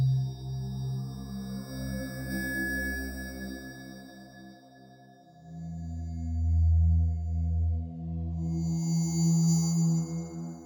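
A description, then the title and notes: Tibetan meditation drone built from deep, sustained tones that hum and slowly pulse, with a steady high ringing overtone held above. The low layer swells, dips around the middle, then rises again louder near the end, where a brighter high shimmer appears. Tibetan meditation alpha wave 11hz for relaxed focus.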